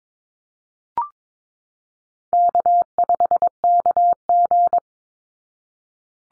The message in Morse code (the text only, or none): K5KG